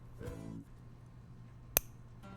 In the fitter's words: there that was a click these two clicked